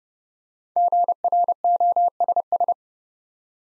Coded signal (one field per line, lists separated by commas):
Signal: Morse code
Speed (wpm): 29 wpm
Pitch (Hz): 700 Hz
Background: none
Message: GROSS